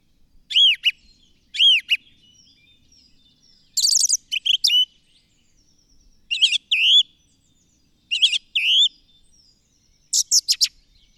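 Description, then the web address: Bird singing arched whistled notes and rapid chirp clusters, repeated in short phrases with brief silences. "madarak enek"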